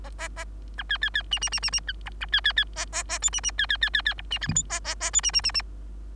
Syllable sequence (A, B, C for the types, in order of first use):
A B B B C C C C C D A B B B E E E F C C B B B B B D C G H I E E E F C C C C